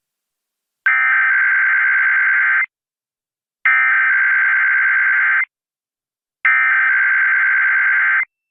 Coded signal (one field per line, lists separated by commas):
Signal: Emergency Alert System (SAME) tones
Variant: header bursts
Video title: EAS test Extravaganza: EAS 53-55